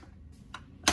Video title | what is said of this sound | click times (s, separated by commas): DreameTech W10 Has it ALL - This May be the Best Mopping / Vacuuming Robot - Ultimate Review | Should hear a click. | 0.5 s, 0.9 s